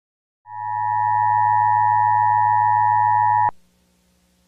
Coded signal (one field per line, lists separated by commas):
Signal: Emergency Alert System (SAME) tones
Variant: 853 and 960 Hz attention tone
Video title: EAS of the Week 6-1-2019